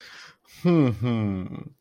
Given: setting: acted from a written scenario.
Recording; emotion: vocal sound without words; pride